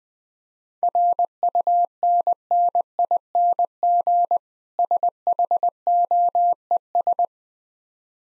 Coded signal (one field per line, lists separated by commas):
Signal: Morse code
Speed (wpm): 20 wpm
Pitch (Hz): 700 Hz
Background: none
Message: RUNNING SHOES